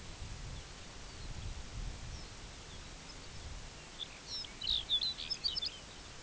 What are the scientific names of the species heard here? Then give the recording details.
Calcarius lapponicus. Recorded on Arctic tundra, site UTQI-2, on 17 June 2019. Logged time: 14:00